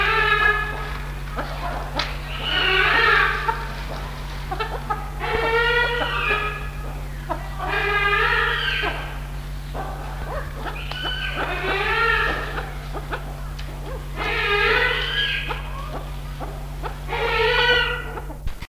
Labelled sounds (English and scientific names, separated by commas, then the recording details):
Cheer Pheasant (Catreus wallichii) call, Western Swamphen (Porphyrio porphyrio)
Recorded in captivity
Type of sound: call
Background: Porphyrio porphyrio
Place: Zoo London, England, GB
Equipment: Halbspur, 9,5 cm/s
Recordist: Lütgens, Hans
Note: 4-monatige